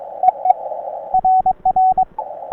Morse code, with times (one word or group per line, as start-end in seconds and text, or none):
0.2-0.5 EE
1.1-2.0 RR